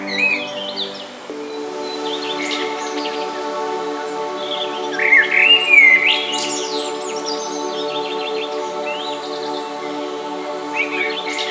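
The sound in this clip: Birds giving twittering calls and a louder whistled, rising phrase midway, accompanied by an even musical drone throughout.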